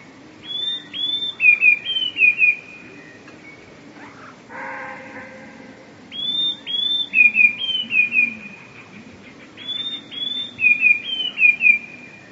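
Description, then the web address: Eurasian blue tit song: thin high whistled notes, then a quick falling trill, phrases repeated about every five seconds; a brief lower tonal sound near the middle. "wroblowe teka 2 spiew. wroblowe teka modraszkoteka"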